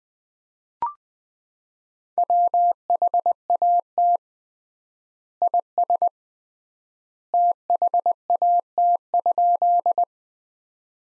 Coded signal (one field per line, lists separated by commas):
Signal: Morse code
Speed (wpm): 20 wpm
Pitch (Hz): 700 Hz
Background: none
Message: WHAT IS THAT?